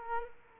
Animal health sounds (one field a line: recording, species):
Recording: mosquito wingbeat signal from an infrared sensor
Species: Culex quinquefasciatus